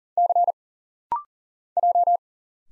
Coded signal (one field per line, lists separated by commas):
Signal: Morse code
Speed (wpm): 40 wpm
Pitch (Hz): 700 Hz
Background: none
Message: C J